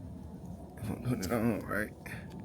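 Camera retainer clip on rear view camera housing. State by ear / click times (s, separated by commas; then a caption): not seated / none. An inner plastic retainer clip that holds the camera in a rear view camera housing for a Mopar Magnum conversion is handled on its way to its lock position while someone talks, with a soft handling noise near 0.8 s. The clip ends before the retainer goes home, so nothing has seated or clicked yet.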